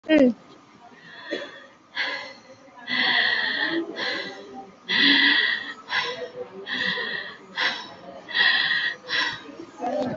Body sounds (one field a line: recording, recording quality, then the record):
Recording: shallow breathing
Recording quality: excellent, no background noise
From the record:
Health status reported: COVID-19 positive, mild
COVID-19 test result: positive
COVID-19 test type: RT-PCR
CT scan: not taken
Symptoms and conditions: cold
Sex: female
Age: 65 years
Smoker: no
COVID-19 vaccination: both doses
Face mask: worn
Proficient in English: yes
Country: India